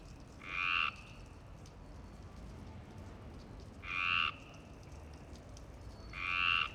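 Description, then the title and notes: Frog calls: three harsh, nasal croaks spaced a few seconds apart. Frogs at Parc Longchamp, Marseille, Provence-Alpes-Côte d'Azur, France; 26 March 2011 at 19:35; recorded with a MixPre-6 and Basic UCHO. "Marseille, Provence-Alpes-Côte d'Azur, France - 26_03_11_19_35 Longchamps_004 grenouilles. Grenouilles au parc de Longchamp MIXPRE 6 + BASIC UCHO"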